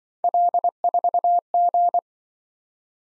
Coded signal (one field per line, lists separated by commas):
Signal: Morse code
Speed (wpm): 25 wpm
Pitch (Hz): 700 Hz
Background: none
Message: L4G